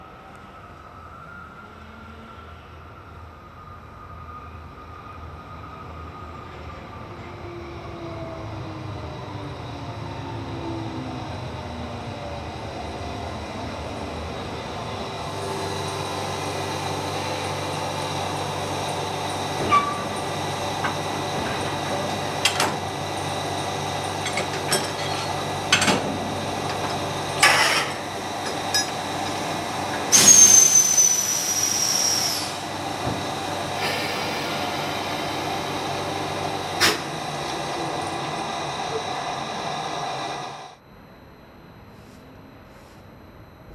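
A railway coupling maneuver: low rumbling builds, then a steady grinding roar from about fifteen seconds with sharp clanks and bangs, stopping abruptly near forty seconds.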